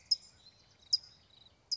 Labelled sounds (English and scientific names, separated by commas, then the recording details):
California Towhee (Melozone crissalis)
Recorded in Sonoma County, California